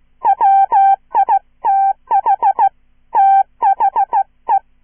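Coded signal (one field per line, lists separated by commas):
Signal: Morse code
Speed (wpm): 16 wpm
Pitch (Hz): 790 Hz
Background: none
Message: WITH THE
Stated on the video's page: Hand-sent Morse with a Czech straight key, an original horror short story for listen-and-copy practice, recorded in one take with errors corrected by ERROR prosign.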